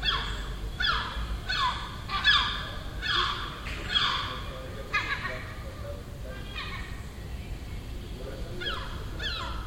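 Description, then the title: Gull calling in a series of harsh, nasal, downward-slurred notes, with a constant low rumble of background noise underneath. Single gull nesting on the neighbouring rooftop, calling all day for a week; Den Haag, 18 June 2017. "Seagull Chatter (Den Haag"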